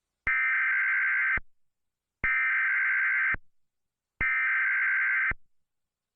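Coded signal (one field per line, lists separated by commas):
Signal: Emergency Alert System (SAME) tones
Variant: header bursts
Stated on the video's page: EAS scenario, a fictional simulation.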